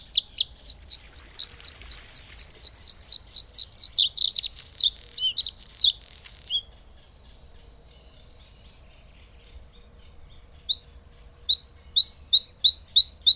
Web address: agykontroll Madardalok Cd 3. Kékbegy